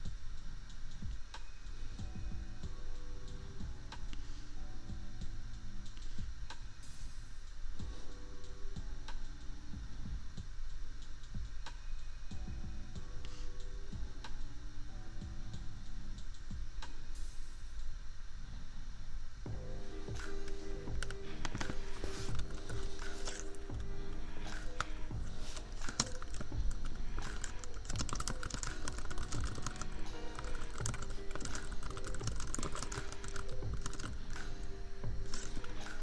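Keyboard tapping runs over a lofi beat, the clicks coming in quick, uneven bursts throughout. The music is mellow and low for the first twenty seconds, then grows fuller and brighter with a steady bass line, while a constant laptop fan hum sits underneath.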